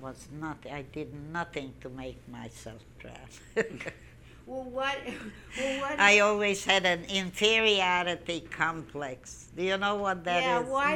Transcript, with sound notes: I was noth.., I did nothing to make myself proud. (She laughs.) I always had an inferiority complex. Do you know what that is?